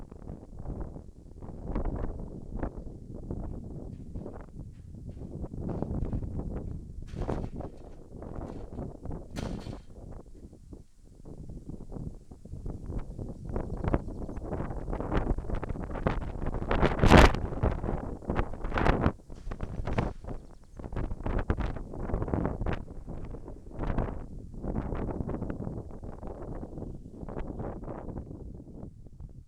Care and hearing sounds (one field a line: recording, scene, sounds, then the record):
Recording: everyday scene through a hearing-aid microphone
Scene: wind on the microphone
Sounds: wind, other noises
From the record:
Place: in front of a rural house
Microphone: behind the ear, left, front